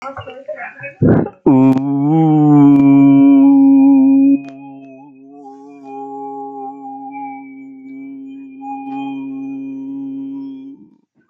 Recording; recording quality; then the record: sustained vowel as in boot; excellent, no background noise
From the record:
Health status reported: healthy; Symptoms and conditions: none ticked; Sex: male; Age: 21 years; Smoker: not ticked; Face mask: not worn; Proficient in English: no